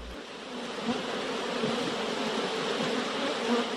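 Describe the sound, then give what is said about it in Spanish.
A dense, steady drone of many bees buzzing together, a continuous low hum with slight wavering swells and no pauses, heard alone without any voices. “Pero yo estoy labrando como con 100 abejas un pequeño panal con mis palabras.”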